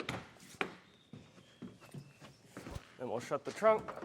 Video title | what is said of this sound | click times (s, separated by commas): How to Install the etrailer Hard Tonneau Cover - 2025 Toyota Tacoma | And these you might want to just press down just so they click into place. They should do it automatically, but | 0.1 s, 0.6 s